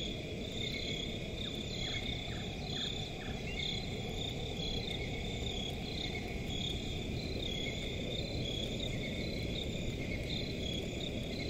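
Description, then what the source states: Crickets chirping in a dense, steady chorus of high pulsing trills, with a short series of lower clicks early on over a constant low rumble. Crickets in a forest at night.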